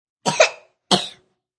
Sick sound effects child coughs.